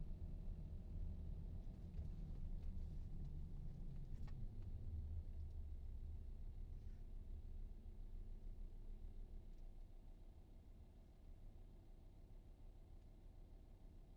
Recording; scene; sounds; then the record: everyday scene through a hearing-aid microphone; in a vehicle; engine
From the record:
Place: VW T5 Caravelle, diesel engine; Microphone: in the ear canal, right